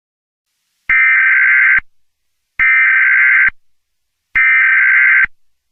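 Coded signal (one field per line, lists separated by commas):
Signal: Emergency Alert System (SAME) tones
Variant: header bursts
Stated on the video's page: Simulated EAS scenario, not a real alert.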